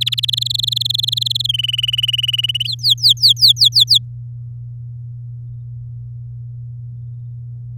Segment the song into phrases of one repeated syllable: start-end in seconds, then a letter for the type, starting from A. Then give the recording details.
0.01-0.26 A, 0.28-1.47 B, 1.49-2.67 C, 2.68-3.98 D. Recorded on 10 May 2018 at 08:50. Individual llb16